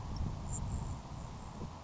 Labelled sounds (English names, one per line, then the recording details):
Grasshopper Sparrow
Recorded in Sonoma County, California